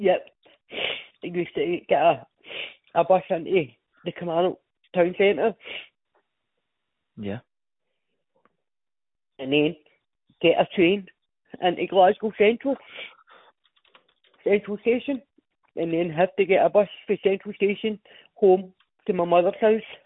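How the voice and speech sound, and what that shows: Adult woman speaking slowly with long pauses; some s sounds come out slushy and lateral, as in 'bus' and 'house', a very bad lisp and speech impediment present since she was a young child, for which she attended speech therapy as a child.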